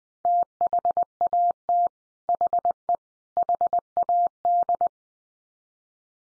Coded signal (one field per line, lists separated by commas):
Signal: Morse code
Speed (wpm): 20 wpm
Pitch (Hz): 700 Hz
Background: none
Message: THAT HE HAD